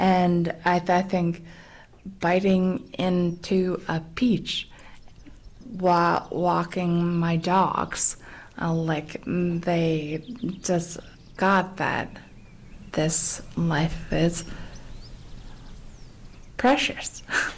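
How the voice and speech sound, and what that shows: An adult woman speaks slowly and haltingly, with stretched words and pauses. This is mild aphasia with word-finding difficulty and struggles with language, present for 19 years after a bike accident.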